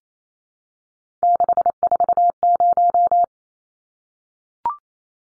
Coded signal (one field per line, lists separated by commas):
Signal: Morse code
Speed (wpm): 28 wpm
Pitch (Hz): 700 Hz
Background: none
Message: 640